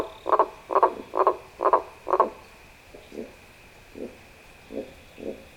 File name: namiegaeru call